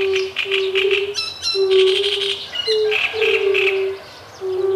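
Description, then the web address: Great reed warbler giving grating, chattering song with squeaky notes mixed in, while long, low, even toad calls continue beneath it. With fire-bellied toads. "Ptaki Trzciniak i Kumaki"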